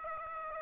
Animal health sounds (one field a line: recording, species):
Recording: mosquito wingbeat signal from an infrared sensor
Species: Aedes aegypti